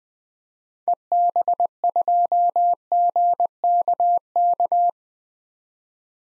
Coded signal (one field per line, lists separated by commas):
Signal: Morse code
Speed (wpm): 20 wpm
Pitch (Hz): 700 Hz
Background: none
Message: EB2GKK